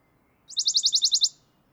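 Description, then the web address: Western Bonelli's warbler gives a crisp, high trill of some nine rapid repeated notes, steady in pitch, lasting under a second. "chant fernand deroussen pouillot de bonelli"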